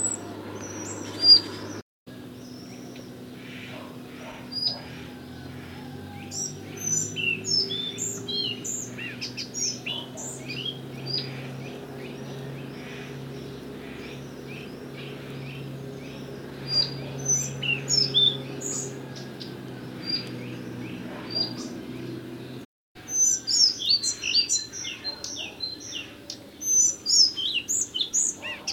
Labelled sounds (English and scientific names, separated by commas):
Collared Flycatcher (Ficedula albicollis) song